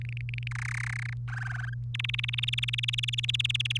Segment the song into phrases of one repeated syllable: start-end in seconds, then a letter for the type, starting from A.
0.01-0.48 A, 0.51-1.14 B, 1.28-1.74 C, 1.94-3.78 D